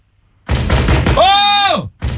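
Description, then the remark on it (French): Loud, rapid banging on a door in a quick series of heavy thumps as someone demands the door be opened, followed by a drawn-out vocal cry; another burst of banging starts at the very end. “Ouvre la porte ou je la défonce.”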